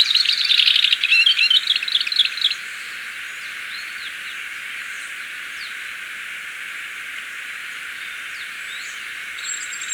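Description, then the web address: Scarlet-bellied mountain tanager song: a rapid, jumbled burst of high twittering notes for about two and a half seconds, followed by faint scattered high notes over steady background hiss. Recorded in Ecuador. "Birds of Ecuador. Scarlet-Bellied Mountain-Tanager"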